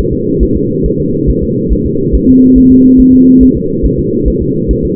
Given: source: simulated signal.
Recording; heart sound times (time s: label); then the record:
fetal heart sounds
0.13 s: S2
0.43 s: S1
0.57 s: S2
0.86 s: S1
1.00 s: S2
1.30 s: S1
1.43 s: S2
1.73 s: S1
1.86 s: S2
2.15 s: S1
2.29 s: S2
2.58 s: S1
2.72 s: S2
3.00 s: S1
3.14 s: S2
3.43 s: S1
3.57 s: S2
3.85 s: S1
3.99 s: S2
4.28 s: S1
4.42 s: S2
4.71 s: S1
4.85 s: S2
From the record:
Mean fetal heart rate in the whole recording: 140 bpm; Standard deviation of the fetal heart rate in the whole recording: 2 bpm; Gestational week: 34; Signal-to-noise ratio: -11.2 dB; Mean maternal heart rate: 72 bpm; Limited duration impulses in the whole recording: present